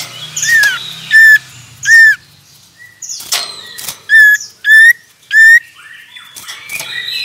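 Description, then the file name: Common iora song: several short whistled notes with harmonics, among other bird calls and a low hum at the start. Male. "suara burung cipoh jantan"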